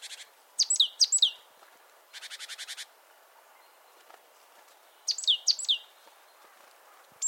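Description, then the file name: Great tit producing sharp falling notes followed by a dry, buzzy churr, with a quiet stretch before another pair of sharp notes. "Parus major"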